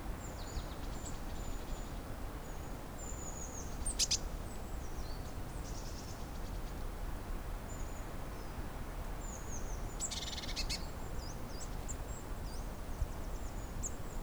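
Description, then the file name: Eurasian blue tit calling: a string of thin, high, sliding notes with a couple of brief buzzy churrs, set against a constant low background roar. "Cyanistes caeruleus"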